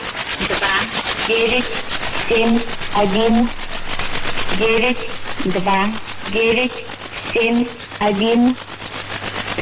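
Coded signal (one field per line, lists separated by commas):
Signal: numbers station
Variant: S06s Russian Lady, Russian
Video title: 02 10 2017 Numbers station S06s Russian Lady in Russian to Eu 1200 on 9145 unknown tx site in CUSB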